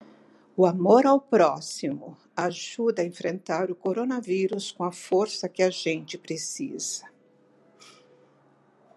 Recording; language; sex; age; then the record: spoken sentence; Brazilian Portuguese; female; 70 to 79 years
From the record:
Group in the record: control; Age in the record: 70 years